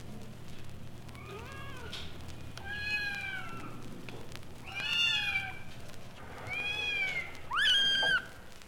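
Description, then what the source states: Domestic cat giving a string of meows, some bending up then down, spaced a second or two apart, ending with a loud sharply rising cry. Kittens at an animal pound.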